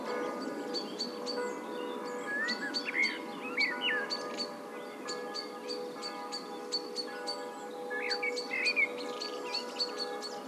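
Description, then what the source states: Blackbird singing rich whistled phrases in two bursts, early and late, among constant high twittering and steady ringing tones. Blackbirds and bells.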